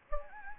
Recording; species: mosquito wingbeat signal from an infrared sensor; Anopheles gambiae